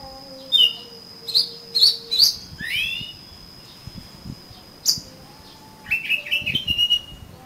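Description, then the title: Oriental magpie-robin with scattered sharp notes, a falling whistled phrase, then a fast rippling whistled run near the end, over a thin steady high hum. "Kacer Kacer"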